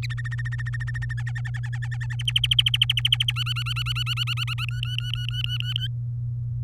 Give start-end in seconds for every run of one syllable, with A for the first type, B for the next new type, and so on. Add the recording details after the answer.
0.03-1.13 A, 1.18-2.15 B, 2.19-3.32 C, 3.36-4.66 D, 4.68-5.88 E. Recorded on 23 April 2018 at 18:14. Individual llb3